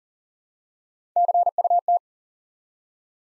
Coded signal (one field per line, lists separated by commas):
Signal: Morse code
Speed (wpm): 42 wpm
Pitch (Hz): 700 Hz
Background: none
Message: CUT